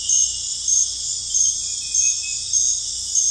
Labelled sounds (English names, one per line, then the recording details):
none
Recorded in dense forest near Puerto Asís, Putumayo, Colombia, on 18 December 2024 at 22:00
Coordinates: 0.484, -76.325
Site G056